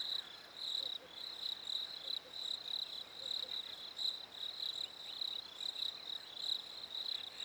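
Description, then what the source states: Cricket chirping: a steady, high ringing trill pulsing continuously over soft background hiss. Africa, winter; several crickets.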